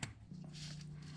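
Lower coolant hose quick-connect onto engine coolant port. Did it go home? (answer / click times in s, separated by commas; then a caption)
no / none. The lower coolant hose quick-connect fitting is handled at the engine coolant port of a Chevy Malibu, as it is pushed on to click in. A sharp tap sounds at the start, followed by a steady low hum and a faint tick near 0.8 s. Nothing has seated or clicked yet.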